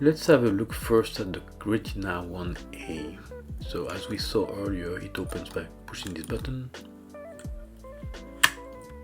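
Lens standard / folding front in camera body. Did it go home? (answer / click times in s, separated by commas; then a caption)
yes / 8.4 s. Someone talks over music, then a release button is pushed on a Kodak Retina Ia, a metal folding rangefinder camera, and its folding front and lens standard swing out. At 8.4 s the front locks open in the camera body with a sharp metallic click.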